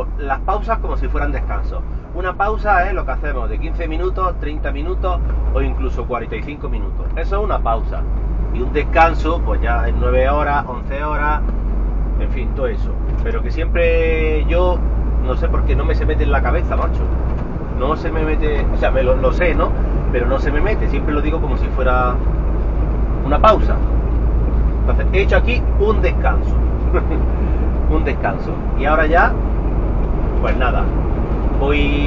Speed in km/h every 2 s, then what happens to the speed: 26, 28, 33, 37, 42, 48, 52, 58, 59, 62, 64, 67, 71, 75, 76, 80.
0-32 speeds up to 80.